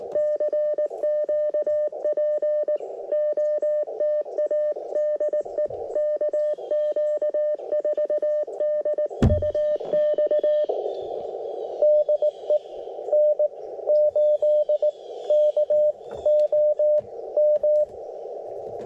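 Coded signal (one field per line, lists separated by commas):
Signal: Morse code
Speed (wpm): 19 wpm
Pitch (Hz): 590 Hz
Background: radio noise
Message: CQ POTA DE KQ4DUX DE N8KOM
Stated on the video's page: CW Parks on the Air activation on 30m and 17m with homemade lightweight vertical antenna, during a contest weekend; iambic paddle.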